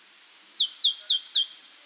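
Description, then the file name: Marsh tit calls: four quick, high descending notes in a tight series lasting about one second, each sliding downward, otherwise quiet. "Poecile palustris"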